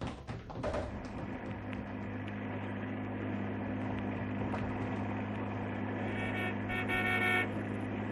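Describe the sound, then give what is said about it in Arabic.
A truck horn blares in one long, steady, droning blast with a low buzzing tone, rising brighter and louder near the end over a rumbling engine. No one speaks. “ما بلاش الكلاكس ده يا سلامة يعني لازم تفرج علينا العالم واحنا في عربيه النقل دي.”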